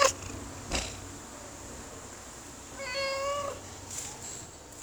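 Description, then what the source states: Domestic cat giving one short, level meow after a quiet stretch, with a steady faint high whine and a soft knock near the start. Neighbour's cat meowing, recorded 3 June 2017 at 15:49 on a mobile phone, mono wav, at latitude -12.608621, longitude -38.960005.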